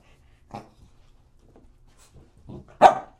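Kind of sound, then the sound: animal, dog barking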